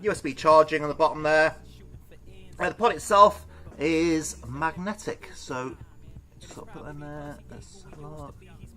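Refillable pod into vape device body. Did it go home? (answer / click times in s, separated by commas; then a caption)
no / none. A refillable plastic pod for a Vladdin RE pod kit vape is handled and brought toward the magnetic slot of the device body while someone talks. The clip ends before the pod goes home, and nothing has seated or clicked yet.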